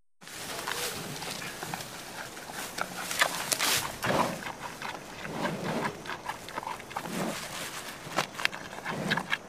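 Panda giving gruff, low bursts spaced unevenly throughout, against constant hiss.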